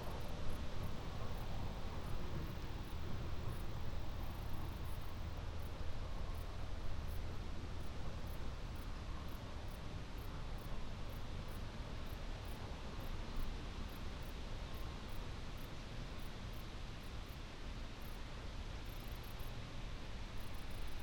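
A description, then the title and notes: A steam train at a country station gives off a continuous hiss of steam over a heavy low rumble. The sound stays dense and even for the whole stretch, easing only slightly in loudness toward the end, with no distinct separate events. Steam train stops at country station. It's a perfect Shropshire August day. We took this sound photograph of a steam train passing through Arley station last month. We recorded in high definition sound. Balmy country sounds.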